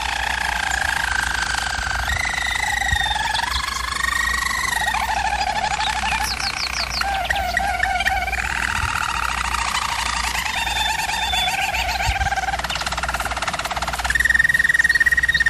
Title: German Roller Canary Singing - Canary Training Vid